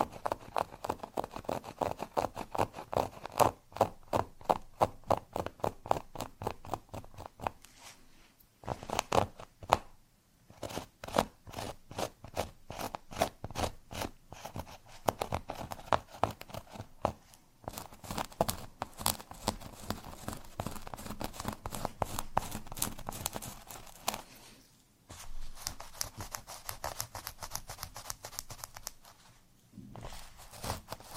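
Scratching on cork, made of quick, regular dry strokes in rapid bursts, each a short rasping scrape, fairly bright. The rhythm runs steadily with brief pauses near 8, 10, 17 and 25 seconds before resuming, sometimes denser and faster.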